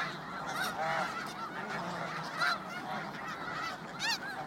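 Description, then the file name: Snow goose calls, several nasal honks and yelps from a flock overlapping, with one louder honk near the end. "Canto do gansos da neve"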